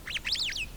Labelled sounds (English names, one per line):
Superb Starling flight call